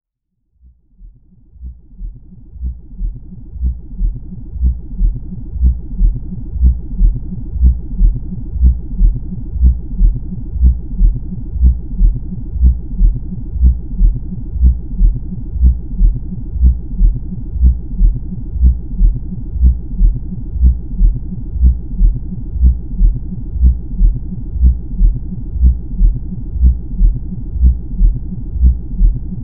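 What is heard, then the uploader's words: A binaural beat: a low, steady hum that fades in over the first few seconds, then pulses evenly at a rapid, regular rate for the rest of the clip. The tone stays dark and deep, with no other sounds around it. Binaural beat made with DIN is Noise.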